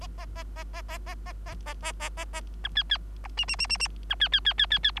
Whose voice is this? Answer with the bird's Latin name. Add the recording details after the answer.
Lonchura striata domestica. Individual Bird3